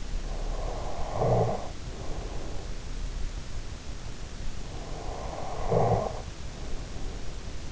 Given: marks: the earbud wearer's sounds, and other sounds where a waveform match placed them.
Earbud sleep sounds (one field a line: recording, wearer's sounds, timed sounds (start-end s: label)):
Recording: sounds in sleep by an in-ear microphone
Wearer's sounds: snoring breath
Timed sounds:
0.10-3.04 s: snoring breath
4.59-7.72 s: snoring breath